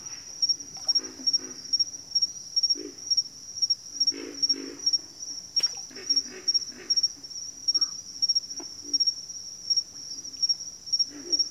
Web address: Sounds of Nature Collection. Pig Frogs